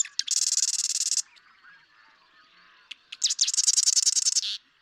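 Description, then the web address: Marsh Wren song: two rapid, dry rattling trills, each about a second long, with a short gap of soft chatter between them. "birdsongforthecurious Marsh Wren"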